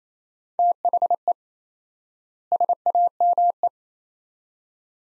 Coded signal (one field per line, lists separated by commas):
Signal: Morse code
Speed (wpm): 28 wpm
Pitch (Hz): 700 Hz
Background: none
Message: THE SAME